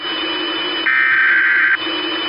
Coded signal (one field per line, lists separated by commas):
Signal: Emergency Alert System (SAME) tones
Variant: header bursts